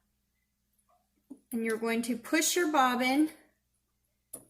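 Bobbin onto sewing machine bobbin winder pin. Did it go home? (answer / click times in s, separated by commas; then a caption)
yes / 4.3 s. Someone talks while a plastic bobbin is pushed down onto the bobbin winder pin of a sewing machine. After the speech, a sharp click sounds at 4.3 s as the bobbin seats onto the pin.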